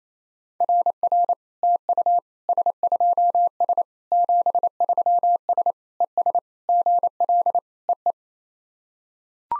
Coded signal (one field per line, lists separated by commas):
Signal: Morse code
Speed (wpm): 28 wpm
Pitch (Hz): 700 Hz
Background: none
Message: RR TU S2S 73S ES GL EE